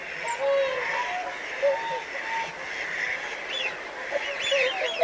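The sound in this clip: Whooper swan honking calls, a few soft nasal notes spaced throughout, with thin higher chirps and a steady background hiss.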